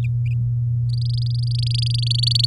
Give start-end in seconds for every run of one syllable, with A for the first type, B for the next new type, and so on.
0.90-2.46 A